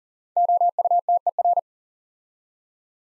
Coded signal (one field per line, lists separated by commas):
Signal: Morse code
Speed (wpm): 39 wpm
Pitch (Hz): 700 Hz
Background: none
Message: OUTER